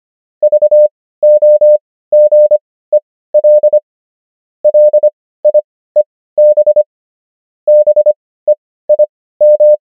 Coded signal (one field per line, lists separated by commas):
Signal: Morse code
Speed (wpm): 25 wpm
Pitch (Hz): 600 Hz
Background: none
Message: VOGEL LIEB BEIM